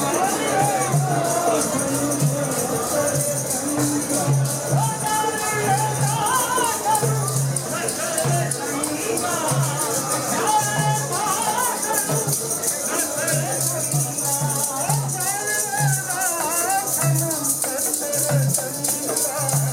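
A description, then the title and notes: Vaisakhi celebrations with a steady, dense wash of voices and singing over a repeating low drum-like beat, lively and unbroken throughout. Vaisakhi Celebrations held in Gravesend. Attended by 1000's of people from across all communities in the area.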